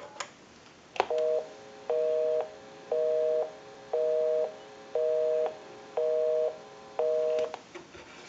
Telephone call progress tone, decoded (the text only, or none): busy tone